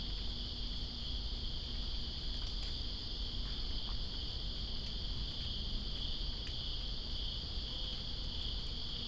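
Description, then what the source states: High, even cricket trilling continues without pause against a background of falling rain and soft low rumble. In rain, Greensboro, 2017-09-02.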